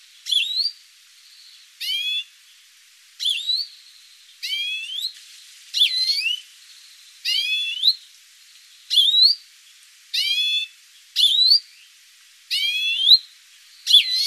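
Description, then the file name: European greenfinch calling repeatedly, a long series of short harmonic notes at fairly even intervals. "Chloris chloris"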